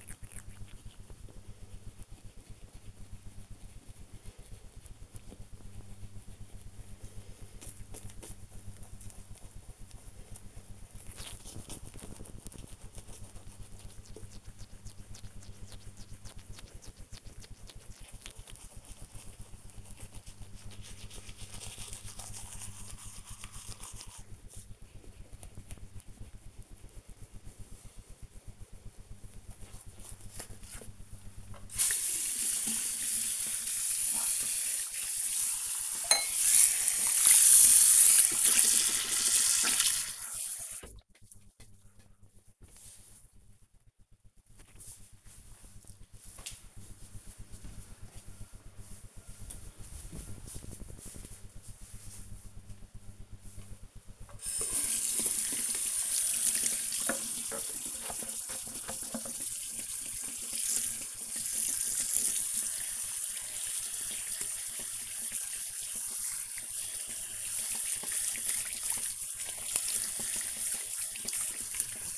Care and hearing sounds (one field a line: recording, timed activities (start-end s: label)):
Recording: household activities, microphone on the right wrist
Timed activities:
0.00-42.17 s: brushing teeth
53.23-72.18 s: washing hands